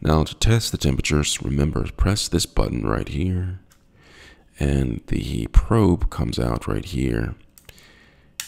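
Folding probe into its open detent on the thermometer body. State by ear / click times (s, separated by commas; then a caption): seated / 8.4 s. Someone talks while the folding metal probe of a ThermPro Ultra-Fast handheld digital food thermometer is swung out of its plastic body. A sharp click at 8.4 s marks the probe locking into its open detent at full extension.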